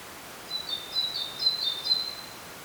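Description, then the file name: Great tit calls: thin high-pitched notes tumbling over each other in a short jumbled run, with a faint steady hiss underneath. "Parus major"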